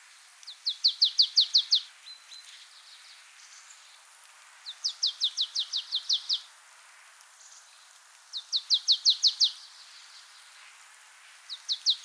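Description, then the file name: Marsh tit repeating rapid bursts of about eight sharp, high notes, with roughly a two- to three-second pause between bursts. "Poecile palustris"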